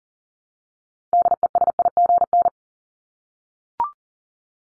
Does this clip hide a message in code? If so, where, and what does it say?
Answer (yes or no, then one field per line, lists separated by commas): yes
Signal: Morse code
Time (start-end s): 1.1-2.5 s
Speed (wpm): 40 wpm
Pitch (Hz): 700 Hz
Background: none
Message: DESIGN